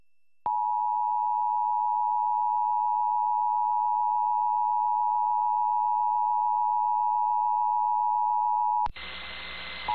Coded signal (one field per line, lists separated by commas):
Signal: Emergency Alert System (SAME) tones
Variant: 853 and 960 Hz attention tone